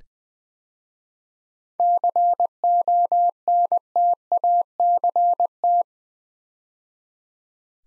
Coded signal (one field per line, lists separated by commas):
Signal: Morse code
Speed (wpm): 20 wpm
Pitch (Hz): 700 Hz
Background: none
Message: CONTACT